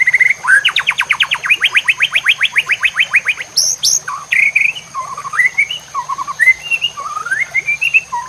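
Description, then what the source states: White-rumped shama song: a rapid repeated trill of rising notes, a few very high sharp notes, then wandering slurred whistles. Master song (masteran) for training cage birds, murai batu labaik style.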